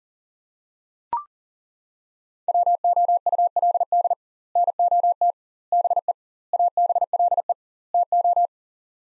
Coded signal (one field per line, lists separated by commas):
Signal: Morse code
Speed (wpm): 40 wpm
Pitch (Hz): 700 Hz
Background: none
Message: WOULD NOT BE ABLE TO